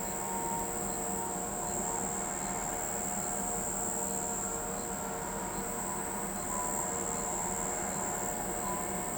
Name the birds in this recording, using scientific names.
none